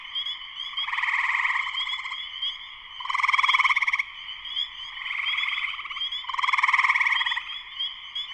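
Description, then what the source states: Spring peeper chorus: crowded high peeps and rapid pulsed trills, with several louder surges. Spring peepers in full chorus shortly after sunset, Sleeping Bear Dunes National Lakeshore, northern Michigan, USA.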